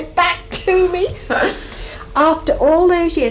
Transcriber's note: laughs